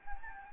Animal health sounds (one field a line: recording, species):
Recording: mosquito wingbeat signal from an infrared sensor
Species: Anopheles gambiae